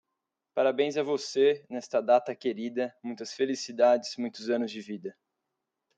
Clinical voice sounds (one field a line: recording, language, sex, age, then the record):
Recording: short text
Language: Brazilian Portuguese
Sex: male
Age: 30 to 39 years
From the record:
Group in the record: control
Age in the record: 32 years